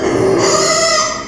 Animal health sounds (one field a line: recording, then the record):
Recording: squeal of a Yucatan mini pig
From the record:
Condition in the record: before surgery on the right vocal fold (resection and tissue-engineered implant)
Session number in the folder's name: 1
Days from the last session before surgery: -3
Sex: male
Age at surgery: 12 weeks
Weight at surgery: 13 kg